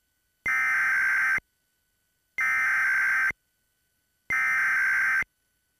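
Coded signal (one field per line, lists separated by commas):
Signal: Emergency Alert System (SAME) tones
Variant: header bursts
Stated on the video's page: Two Emergency Broadcast System required monthly tests recorded off cable TV on a DVR, one probably from the cable company.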